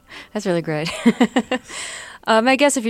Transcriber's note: laughter